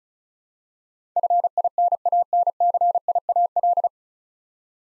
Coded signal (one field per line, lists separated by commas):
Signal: Morse code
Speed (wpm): 36 wpm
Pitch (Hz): 700 Hz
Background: none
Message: FINANCIAL